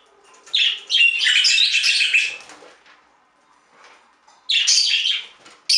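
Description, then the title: Budgerigar warble: a long, harsh, buzzy chattering burst lasting over a second, a quiet stretch, then another scratchy burst and the start of a third. "Budgie Sounds"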